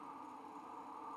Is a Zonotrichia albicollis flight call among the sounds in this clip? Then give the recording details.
no. No flight call is heard. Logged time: 11:40 on 5 December 2014